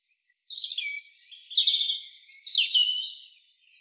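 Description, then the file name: European robin, one short phrase of clear, high descending whistles and slurred notes. "Erithacus rubecula"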